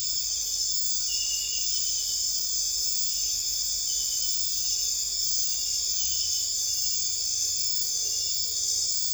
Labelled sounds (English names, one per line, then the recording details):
none
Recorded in dense forest near Puerto Asís, Putumayo, Colombia, on 20 December 2024 at 23:00
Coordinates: 0.482, -76.320
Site G021